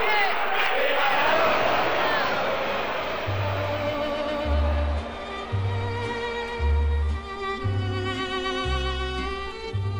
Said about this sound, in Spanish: En Wembley suena todavía el griterío del Mundial del 66, que ganó Inglaterra.